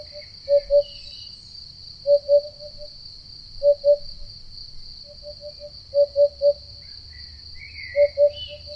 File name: Chant-de-la-Huppe-fasciée-Upupa-Epops